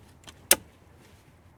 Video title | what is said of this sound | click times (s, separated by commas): 2013-2021 Chevy Trax Thermostat Replacement Easy DIY Fix for Overheating P0128 Code | We'll slide it till it clicks. | 0.5 s